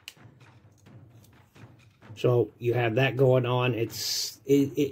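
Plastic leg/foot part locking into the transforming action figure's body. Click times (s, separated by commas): 0.1 s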